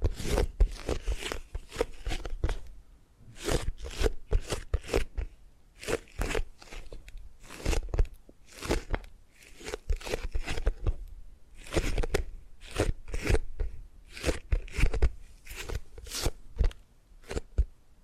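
Tapping and gripping sounds come as quick, crisp crunching clicks in irregular clusters, often several in rapid succession, with brief pauses between groups. Each tap is sharp and bright with a dull thud underneath, and the pattern continues unevenly throughout.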